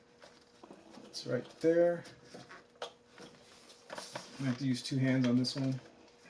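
A hard-to-reach plastic connector on a 2008 Acura MDX engine is being worked into place with both hands, with light handling knocks and rustles while someone talks. Nothing has seated or clicked yet.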